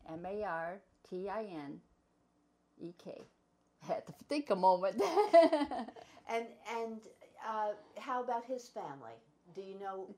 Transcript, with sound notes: M-A-R-T-I-N-E-K. Had to think a moment! (both laugh)
And – and -- how about his family? Do you know --?